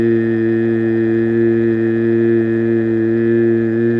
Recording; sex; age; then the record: sustained vowel /i/; male; 60 to 69 years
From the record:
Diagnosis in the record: amyotrophic lateral sclerosis, spinal onset 19 months earlier, bulbar signs present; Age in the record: 61 years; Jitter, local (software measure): 0.28%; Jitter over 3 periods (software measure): 0.15%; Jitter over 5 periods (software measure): 0.18%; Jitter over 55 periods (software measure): 0.46%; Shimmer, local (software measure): 3.2%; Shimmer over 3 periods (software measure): 1.7%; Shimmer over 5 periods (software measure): 1.8%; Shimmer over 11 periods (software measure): 2.6%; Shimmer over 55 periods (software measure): 7.1%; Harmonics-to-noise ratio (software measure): 19.2 dB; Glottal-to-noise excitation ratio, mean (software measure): 0.94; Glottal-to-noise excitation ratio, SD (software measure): 0.017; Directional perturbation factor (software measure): 71.9%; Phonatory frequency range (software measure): 0.07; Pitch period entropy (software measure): 0.81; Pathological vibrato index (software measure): 0.26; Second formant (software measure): 1781 Hz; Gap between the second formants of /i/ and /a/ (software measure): 839 Hz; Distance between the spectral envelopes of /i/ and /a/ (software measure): 7.6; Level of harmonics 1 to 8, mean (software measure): -13.4, -7.5, -2.7, -17.0, -30.9, -38.5, -44.6, -50.9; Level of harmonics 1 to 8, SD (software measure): 0.6, 0.9, 1.3, 0.7, 3.4, 4.4, 4.6, 5.6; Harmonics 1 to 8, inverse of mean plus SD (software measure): 0.071, 0.118, 0.245, 0.057, 0.029, 0.023, 0.020, 0.018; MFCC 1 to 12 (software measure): 1.6, 4.1, 7.8, -16.4, -19.2, 1.3, -7.6, -4.8, 3.3, 3.3, -0.7, 3.6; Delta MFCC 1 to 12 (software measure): 0.001, 0.000, 0.006, 0.004, -0.006, 0.004, 0.007, -0.002, 0.000, 0.008, -0.014, -0.007